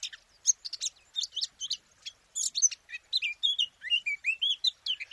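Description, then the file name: Eurasian blackcap warbling song: a fast, varied run of scratchy chirps and clear whistled notes, ending in richer, sweeping phrases, continuous throughout. "Sylvia atricapilla"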